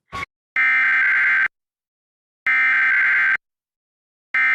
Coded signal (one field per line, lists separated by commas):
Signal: Emergency Alert System (SAME) tones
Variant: header bursts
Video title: KTLA-DT Required Weekly Test (EAS #1025-1026) 8/22/23